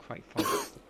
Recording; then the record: coughing mixed with background sound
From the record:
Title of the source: 31 night wet cough